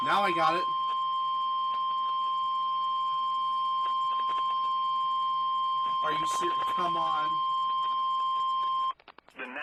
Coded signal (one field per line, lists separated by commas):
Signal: Emergency Alert System (SAME) tones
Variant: 1050 Hz attention tone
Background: speech